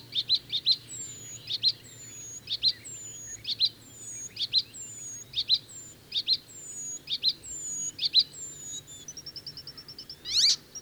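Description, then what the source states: Icterine Warbler song of clustered high chips alternating with thin downslurred whistles, ending in a fast trill and a harsher burst. Found in lush parks of southern and central Finland; has its own motifs but borrows from other birds, including harsh sounds like the Fieldfare's; a daytime singer.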